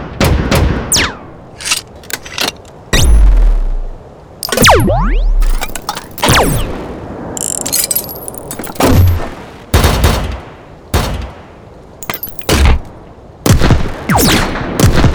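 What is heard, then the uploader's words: A rapid series of sharp mechanical weapon shots and heavy thumps fires in irregular bursts across the whole stretch, each hit bright and crisp with a deep low punch beneath. Around four to five seconds, falling metallic whines sweep downward, and short clanks and rattles fill the gaps. Steampunk Weapon Sound Effects and Textures.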